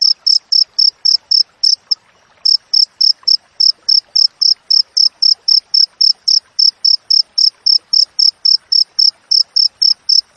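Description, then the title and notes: Cricket giving rapid, evenly spaced high chirps, nearly four per second, broken by one brief pause near the start, over faint crackling. Wild cricket chirping with close spacing between chirps, offered as a master recording for training songbirds and for driving away rats. "Masteran Jangkrik Alam Jernih, Jeda Rapat Cocok Untuk Masteran Burung Dan Mengusir Tikus. suara jangkrik"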